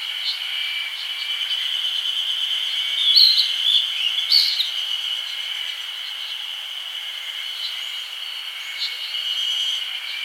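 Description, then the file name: Grey bunting giving a few high, clipped chirps between three and five seconds, over an unbroken, shrill insect buzz. "Emberiza variabilis"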